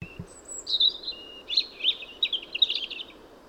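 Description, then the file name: European robin song with a thin high whistle, then a run of quick, tinkling warbled notes, with soft low thumps at the start. "Erithacus rubecula"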